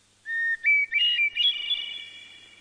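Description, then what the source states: Hermit Thrush song: a long pure whistle, then a quick run of fluty, ringing notes stepping upward in pitch before the phrase fades away. Song said to put many people in a good mood.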